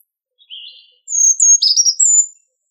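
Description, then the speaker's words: Brown creeper song: a thin, very high warbled phrase, a soft lower note then rising and falling high notes, about two seconds long, in silence. Very high-pitched, warbly song that is always consistent, a rolling warble rather than a cycling repertoire of multiple songs. "So I'm going to see if we can listen to the song of the brown creeper."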